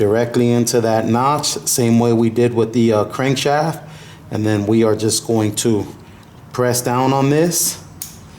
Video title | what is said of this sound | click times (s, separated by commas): Fast and Furious Turbo Eclipse Engine Build (Built On A Budget) | And you heard it just snap in. | 8.0 s